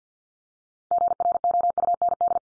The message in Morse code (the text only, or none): GROUND